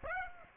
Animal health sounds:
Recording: mosquito wingbeat signal from an infrared sensor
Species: Aedes aegypti

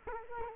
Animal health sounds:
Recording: mosquito wingbeat signal from an infrared sensor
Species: Culex quinquefasciatus

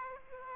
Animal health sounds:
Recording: mosquito wingbeat signal from an infrared sensor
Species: Aedes aegypti

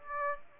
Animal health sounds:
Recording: mosquito wingbeat signal from an infrared sensor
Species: Aedes aegypti

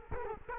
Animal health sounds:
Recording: mosquito wingbeat signal from an infrared sensor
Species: Culex quinquefasciatus

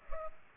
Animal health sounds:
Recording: mosquito wingbeat signal from an infrared sensor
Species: Culex pipiens

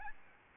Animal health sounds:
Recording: mosquito wingbeat signal from an infrared sensor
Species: Aedes albopictus

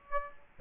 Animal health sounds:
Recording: mosquito wingbeat signal from an infrared sensor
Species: Aedes aegypti

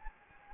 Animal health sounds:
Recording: mosquito wingbeat signal from an infrared sensor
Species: Anopheles gambiae

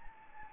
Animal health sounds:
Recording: mosquito wingbeat signal from an infrared sensor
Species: Anopheles gambiae

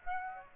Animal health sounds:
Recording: mosquito wingbeat signal from an infrared sensor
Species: Aedes aegypti

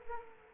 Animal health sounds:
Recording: mosquito wingbeat signal from an infrared sensor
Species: Culex quinquefasciatus

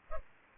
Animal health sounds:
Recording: mosquito wingbeat signal from an infrared sensor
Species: Culex pipiens

